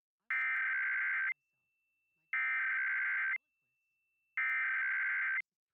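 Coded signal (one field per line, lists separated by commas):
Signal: Emergency Alert System (SAME) tones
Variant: header bursts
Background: speech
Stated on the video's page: National Periodic EAS Test.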